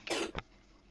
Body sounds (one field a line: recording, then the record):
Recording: coughing mixed with background sound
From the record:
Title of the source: 61 morning phlegmy cough...again